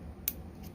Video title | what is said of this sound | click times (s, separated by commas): 30 Amp PowerPole Splitter DIY Build | oh there it is the click | 0.3 s